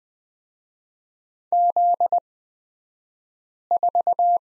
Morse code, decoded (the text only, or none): Z4